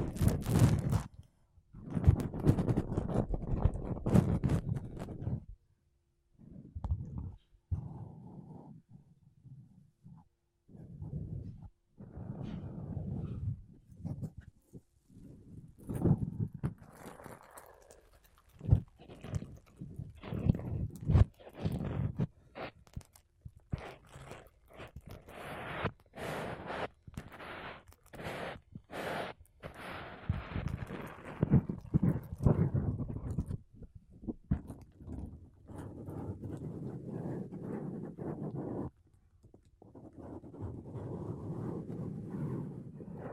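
Makeup brushes and a sponge rub and sweep across a microphone in uneven bursts, mostly soft and low with rustling texture. Around the middle, quicker brighter strokes come in a dense run of scratchy swipes, then slower muffled brushing returns with brief pauses near the end.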